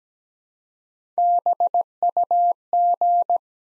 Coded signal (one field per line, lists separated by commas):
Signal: Morse code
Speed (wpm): 17 wpm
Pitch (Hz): 700 Hz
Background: none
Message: BUG